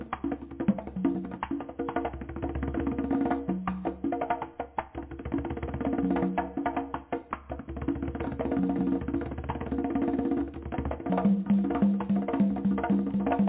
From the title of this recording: Drumming